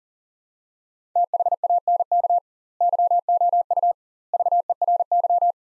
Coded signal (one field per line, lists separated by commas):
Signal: Morse code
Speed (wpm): 40 wpm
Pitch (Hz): 700 Hz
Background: none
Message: THANK YOU VERY